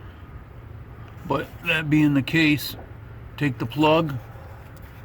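Someone talks over a low, steady background hum while handling the plastic wiring harness plug for the MAP sensor on a 1999 Silverado 4.8 liter, one of whose retaining clips has broken off, apparently from brittle plastic. The plug has not yet been pushed back onto the sensor, so nothing has seated or clicked yet.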